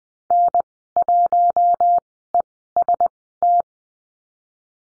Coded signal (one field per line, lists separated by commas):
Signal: Morse code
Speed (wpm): 20 wpm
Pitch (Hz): 700 Hz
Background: none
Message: N1EST